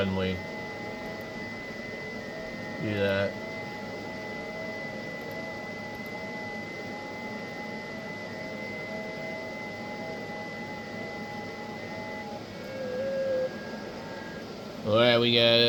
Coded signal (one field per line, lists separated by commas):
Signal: FT8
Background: speech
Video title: 10m band is acting weirdly this morning or is it psk reporter 🤔